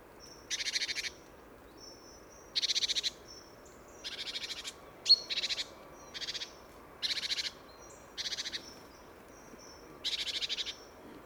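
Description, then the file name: Great tit churring calls: about eight harsh, buzzy rattling bursts, each under a second and spaced a second or two apart, with faint high whistled notes between. "Parus major"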